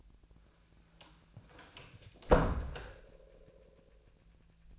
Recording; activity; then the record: daily activity, microphone in the room; close door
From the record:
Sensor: 2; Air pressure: 1000.3 hPa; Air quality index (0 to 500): 162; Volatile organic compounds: 3 ppm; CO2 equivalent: 1347 ppm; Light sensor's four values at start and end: 10/24/10/11 and 10/23/10/10